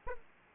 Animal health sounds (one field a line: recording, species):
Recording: mosquito wingbeat signal from an infrared sensor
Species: Aedes aegypti